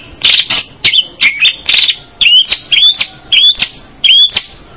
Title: Kicau Burung Pentet